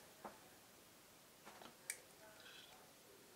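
A flex cable is attached to its board connector inside a Zeiss Vario-Tessar FE 4/16-35 ZA OSS lens during reassembly of the inner lens group, and the small locking flap is pushed shut. Faint ticks come near 0.3 s and 1.5 s, then a sharp, bright snap-like tick at 1.9 s as the flap closes and the cable seats.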